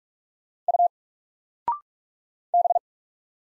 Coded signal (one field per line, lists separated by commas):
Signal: Morse code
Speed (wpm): 44 wpm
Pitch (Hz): 700 Hz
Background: none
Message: U B